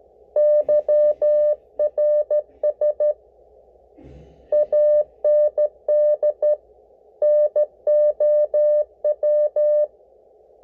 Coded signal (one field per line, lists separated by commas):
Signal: Morse code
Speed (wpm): 14 wpm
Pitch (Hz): 600 Hz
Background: none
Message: YRS AND NOW